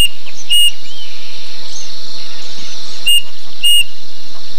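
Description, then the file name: Bird giving a single whistled note, then a pair of whistled notes about two and a half seconds later, over a steady shrill insect chorus. "SABIOD 50 bird 2015"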